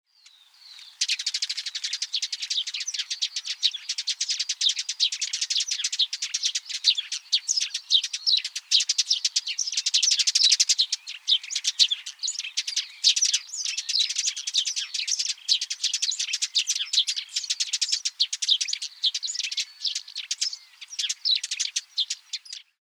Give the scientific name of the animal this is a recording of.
Passer montanus